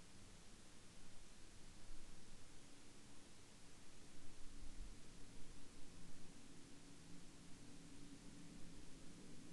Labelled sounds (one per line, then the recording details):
man-made sound
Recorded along the Dempster Highway, Canada, on 27 April 2019 at 07:58
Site 16